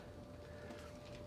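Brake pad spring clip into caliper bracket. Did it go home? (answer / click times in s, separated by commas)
no / none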